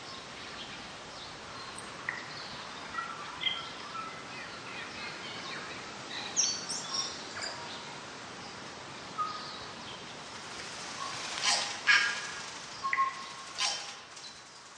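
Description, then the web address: Tui song of scattered high notes, clicks and wheezy bursts, loudest near the end, over steady background hiss. Northland bush, New Zealand. "Lynne Music Northland-Bush-Tui"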